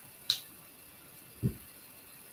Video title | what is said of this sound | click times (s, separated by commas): Catriona Gemstone Earrings | lovely satisfying click let you know that it's fully closed | 0.3 s